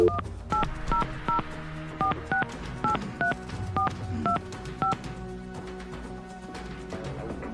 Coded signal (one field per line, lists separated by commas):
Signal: DTMF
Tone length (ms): 120 ms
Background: music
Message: 18004683425